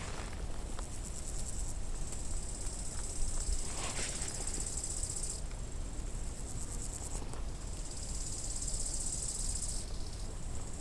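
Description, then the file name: Cricket chirping: a high pulsed trill in long bursts with short pauses, over steady low background noise. "Grillen"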